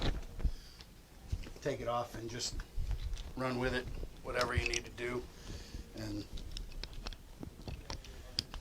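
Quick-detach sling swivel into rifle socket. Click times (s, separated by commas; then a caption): 8.4 s. A quick-detach sling swivel is pushed back into its metal socket on a rifle while someone talks. After the talking, a few small clicks and taps lead up to a sharp snap at 8.4 s as the swivel seats back in and is ready to use again.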